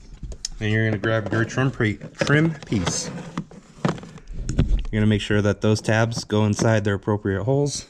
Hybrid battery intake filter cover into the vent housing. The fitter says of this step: press in just like that until you hear the click and